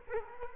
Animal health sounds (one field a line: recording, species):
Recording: mosquito wingbeat signal from an infrared sensor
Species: Culex quinquefasciatus